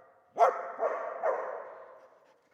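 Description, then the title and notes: Dog letting out three barks that run together, a sharp first bark followed by two softer ones fading away. Old dog trapped in the pool basin of the decaying Palais El Glaoui courtyard, Fès, Morocco; full sun, circling, rearing on hind legs to bark at visitors; recorded with Zoom F3 and ORTF microphone. "Fès, Fès-Meknès, Maroc - le chien du palais El Glaoui. Dans la cour du palais (en décrépitude avancée), un vieux chien est "prisonnier" dans le bassin/piscine. Il se dresse sur ses pattes arrières pour entrevoir quelques secondes ce qui se passe dans la cour et "invective" les visiteurs de ses aboiements. JF CAVRO"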